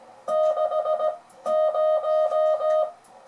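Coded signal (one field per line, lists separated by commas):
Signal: Morse code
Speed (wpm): 17 wpm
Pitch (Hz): 620 Hz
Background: music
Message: 60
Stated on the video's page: French beginners' Morse lesson demonstrating reading by ear.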